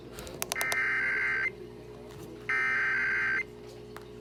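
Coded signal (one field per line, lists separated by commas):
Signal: Emergency Alert System (SAME) tones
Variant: header bursts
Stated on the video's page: Los Angeles Required Monthly Test.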